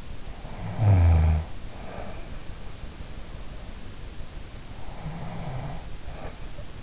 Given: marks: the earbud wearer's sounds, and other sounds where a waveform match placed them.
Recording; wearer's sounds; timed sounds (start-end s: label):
sounds in sleep by an in-ear microphone; snoring breath, breath
0.44-2.42 s: snoring breath
4.73-6.83 s: breath